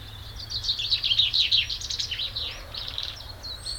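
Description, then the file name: Common chaffinch delivering one rapid, tumbling song phrase. "Fringilla coelebs"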